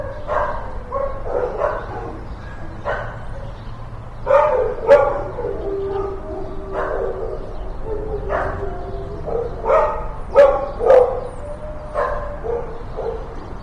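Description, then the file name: Dog barking: irregular sharp barks repeated throughout, mixed with yips and whimpering whines. In a kennel. "dog kennel-Stephan Schutze"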